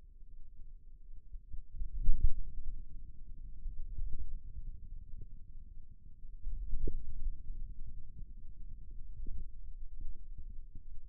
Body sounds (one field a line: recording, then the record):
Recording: forearm muscle sounds (acoustic myography)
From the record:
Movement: hand closing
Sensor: system 2, bracelet of six BSWA MPA416 microphones around the upper forearm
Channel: 3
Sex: male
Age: 22 years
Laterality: right